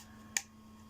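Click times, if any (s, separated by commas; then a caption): 0.4 s. Two 3D printed plastic battery cell holders are pressed together so the pegs of one snap into the adjoining holder. A single sharp, bright click sounds at 0.4 s over a faint steady hum, and the pegs are seated.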